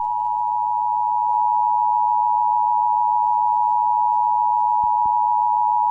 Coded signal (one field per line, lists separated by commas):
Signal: Emergency Alert System (SAME) tones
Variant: 853 and 960 Hz attention tone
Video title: Emergency Alert System U.S - Deadly tornado EAS 2001